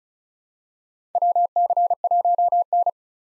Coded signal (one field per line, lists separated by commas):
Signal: Morse code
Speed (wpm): 36 wpm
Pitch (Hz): 700 Hz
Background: none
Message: WC1N